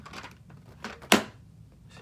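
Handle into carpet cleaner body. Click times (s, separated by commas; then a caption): 1.1 s. A plastic handle on a Bissell PowerForce Powerbrush Pet carpet cleaner is pushed into its socket on the cleaner body. There are faint rattles and a small knock at 0.8 s, then a sharp, bright snap at 1.1 s as the handle seats home, confirmed.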